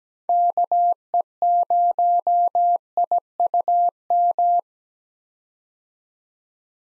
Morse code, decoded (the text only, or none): KE0IUM